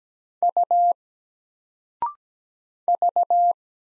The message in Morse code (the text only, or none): U V